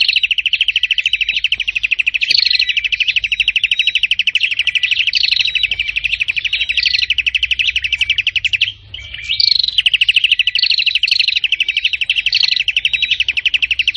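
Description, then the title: Prinia singing a rapid run of high, clipped chirps with short upslurred whistles mixed in and a brief pause partway through. Described as singing very intensely and constantly ('gacor parah'). "Burung Prenjak Gacor Parah"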